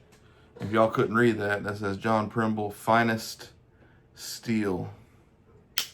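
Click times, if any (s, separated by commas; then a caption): 5.8 s. Someone talks while handling a John Primble "Finest Steel" stockman slip-joint pocket knife, then swings one blade until its backspring snaps it into position. A sharp metallic snap rings out at 5.8 s as the blade seats, and it is a good snap.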